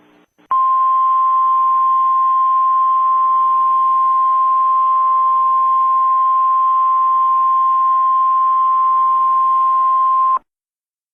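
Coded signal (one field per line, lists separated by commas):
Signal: Emergency Alert System (SAME) tones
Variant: 1050 Hz attention tone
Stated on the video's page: EAS alert as it appears in a film.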